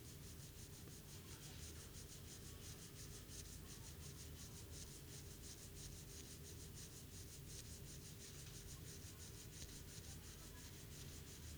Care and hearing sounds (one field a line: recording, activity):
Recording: daily activity, guitar pickup as the sensor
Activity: brush teeth